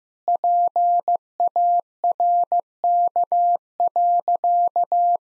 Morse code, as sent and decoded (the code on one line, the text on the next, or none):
.--. .- .-. -.- .-.-.-
PARK.